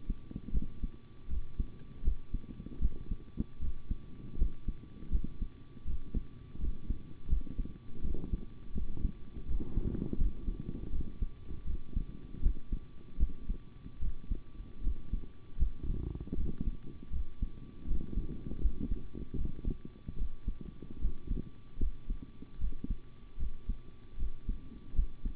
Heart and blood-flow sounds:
heart sounds by stethoscope; between the tricuspid and mitral areas; 79 bpm
0.52 s: heartbeat
1.28 s: heartbeat
2.02 s: heartbeat
2.80 s: heartbeat
3.59 s: heartbeat
4.37 s: heartbeat
5.10 s: heartbeat
5.85 s: heartbeat
6.58 s: heartbeat
7.28 s: heartbeat
8.02 s: heartbeat
8.73 s: heartbeat
9.46 s: heartbeat
10.17 s: heartbeat
10.90 s: heartbeat
11.65 s: heartbeat
12.41 s: heartbeat
13.18 s: heartbeat
14.00 s: heartbeat
14.82 s: heartbeat
15.57 s: heartbeat
16.35 s: heartbeat
17.11 s: heartbeat
17.86 s: heartbeat
18.60 s: heartbeat
19.36 s: heartbeat
20.16 s: heartbeat
20.99 s: heartbeat
21.78 s: heartbeat
22.59 s: heartbeat
23.37 s: heartbeat
24.17 s: heartbeat
24.94 s: heartbeat
From the record:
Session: rest, sitting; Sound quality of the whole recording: good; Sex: male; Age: 25 years

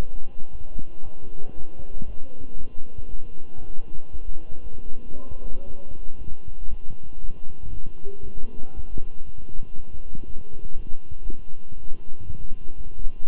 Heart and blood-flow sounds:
heart sounds by stethoscope; between the tricuspid and mitral areas; 118 bpm
0.00 s: heartbeat
0.51 s: heartbeat
1.03 s: heartbeat
1.55 s: heartbeat
2.06 s: heartbeat
2.57 s: heartbeat
3.09 s: heartbeat
3.60 s: heartbeat
4.12 s: heartbeat
4.63 s: heartbeat
5.14 s: heartbeat
5.66 s: heartbeat
6.18 s: heartbeat
6.69 s: heartbeat
7.21 s: heartbeat
7.73 s: heartbeat
8.24 s: heartbeat
8.75 s: heartbeat
9.25 s: heartbeat
9.76 s: heartbeat
10.26 s: heartbeat
10.75 s: heartbeat
11.25 s: heartbeat
11.76 s: heartbeat
12.26 s: heartbeat
12.76 s: heartbeat
13.27 s: heartbeat
From the record:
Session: walking at 3.7 km/h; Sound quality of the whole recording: good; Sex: male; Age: 23 years

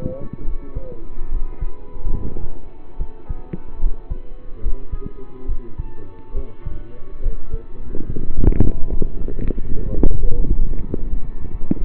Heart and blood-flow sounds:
heart sounds by stethoscope; between the tricuspid and mitral areas; 74 bpm
0.43 s: heartbeat
1.28 s: heartbeat
2.10 s: heartbeat
2.96 s: heartbeat
3.78 s: heartbeat
4.60 s: heartbeat
5.45 s: heartbeat
6.32 s: heartbeat
7.20 s: heartbeat
8.05 s: heartbeat
8.88 s: heartbeat
9.67 s: heartbeat
10.38 s: heartbeat
11.09 s: heartbeat
11.76 s: heartbeat
From the record:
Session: rest, lying down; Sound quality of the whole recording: partially saturated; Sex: male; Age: 27 years

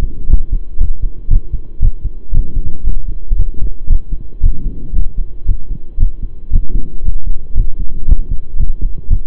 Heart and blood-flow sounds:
heart sounds by stethoscope; between the tricuspid and mitral areas; 116 bpm
0.29 s: heartbeat
0.79 s: heartbeat
1.29 s: heartbeat
1.81 s: heartbeat
2.33 s: heartbeat
2.86 s: heartbeat
3.37 s: heartbeat
3.89 s: heartbeat
4.42 s: heartbeat
4.95 s: heartbeat
5.47 s: heartbeat
5.99 s: heartbeat
6.52 s: heartbeat
7.03 s: heartbeat
7.56 s: heartbeat
8.07 s: heartbeat
8.58 s: heartbeat
9.09 s: heartbeat
From the record:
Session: pedaling a stationary bicycle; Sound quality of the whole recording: saturated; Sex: male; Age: 23 years

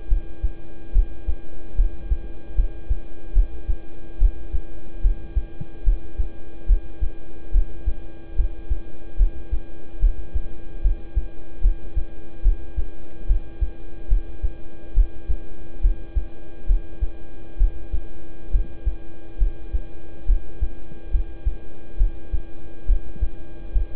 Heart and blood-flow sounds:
heart sounds by stethoscope; between the tricuspid and mitral areas; 71 bpm
0.08 s: heartbeat
0.92 s: heartbeat
1.75 s: heartbeat
2.55 s: heartbeat
3.33 s: heartbeat
4.18 s: heartbeat
5.01 s: heartbeat
5.83 s: heartbeat
6.66 s: heartbeat
7.51 s: heartbeat
8.35 s: heartbeat
9.17 s: heartbeat
9.99 s: heartbeat
10.81 s: heartbeat
11.61 s: heartbeat
12.42 s: heartbeat
13.26 s: heartbeat
14.08 s: heartbeat
14.94 s: heartbeat
15.81 s: heartbeat
16.66 s: heartbeat
17.57 s: heartbeat
18.51 s: heartbeat
19.38 s: heartbeat
20.26 s: heartbeat
21.11 s: heartbeat
21.97 s: heartbeat
22.86 s: heartbeat
23.72 s: heartbeat
From the record:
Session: rest, lying down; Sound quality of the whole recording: good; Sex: male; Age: 26 years

